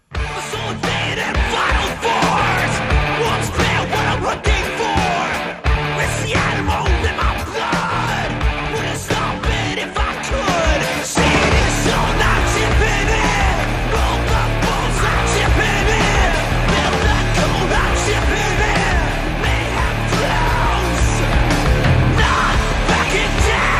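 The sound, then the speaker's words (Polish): A man yells loudly and forcefully, his strained voice carried over a dense, driving wall of loud instruments that continues steadily for the full length. “Pan tak 300 razy w roku tak krzyczy, to dużo siemienia lnianego musi pić.”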